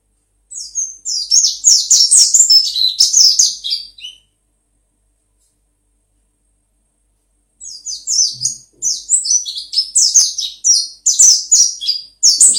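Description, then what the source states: White-eye song: fast, high, twittering phrases of descending chirps in two bursts separated by a long silent gap. Pleci (white-eye) songs; the song style is described as ngalas ngeroll.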